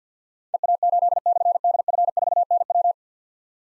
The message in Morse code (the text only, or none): EA8/DF4NW